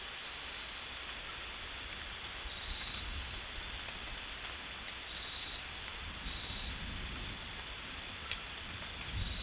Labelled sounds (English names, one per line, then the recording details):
none
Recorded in dense forest near Puerto Asís, Putumayo, Colombia, on 19 March 2025 at 21:30
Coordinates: 0.503, -76.323
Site GP09